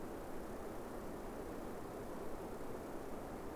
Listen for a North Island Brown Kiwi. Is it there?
no